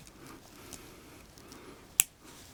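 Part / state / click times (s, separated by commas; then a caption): plastic accessory onto toy figure belt peg / seated / 2.0 s. A plastic accessory from the 2018 Playmobil Starter Pack set 70036, Knights' Treasure Battle, is slid larger end first down onto the belt peg of a toy figure whose belt was already attached. After quiet handling with a few faint ticks, it snaps into place with one sharp click at 2.0 s, and the accessory is seated.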